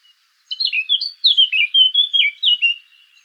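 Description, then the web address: Eurasian blackcap song: one brisk, high warbled phrase of quickly changing notes, rising and falling, lasting a little over two seconds. "sylvia atricapilla call"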